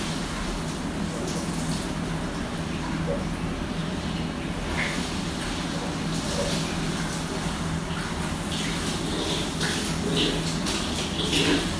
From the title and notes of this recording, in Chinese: 花洒 水声 排风扇 暖色灯光。